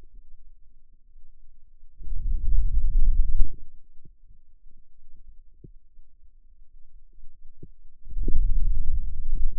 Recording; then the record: forearm muscle sounds (acoustic myography)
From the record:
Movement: hand opening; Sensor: system 2, bracelet of six BSWA MPA416 microphones around the upper forearm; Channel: 2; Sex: male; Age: 22 years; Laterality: right